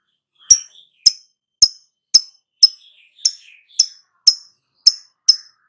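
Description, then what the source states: Lovebird uttering a series of crisp high chirps, with faint softer notes slipping between some of them. Prompting track (pancingan) meant to get a lovebird to respond and sing vigorously (gacor).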